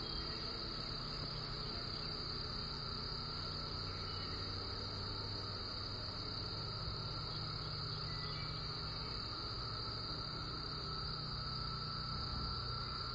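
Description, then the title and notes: Chorusing cicadas produce a continuous shrill drone holding one steady pitch, with a fainter lower tone and a faint low rumble underneath. Cicada chorus, Eastern North America. "a cicada symphony recorded by my sweet friend Heather"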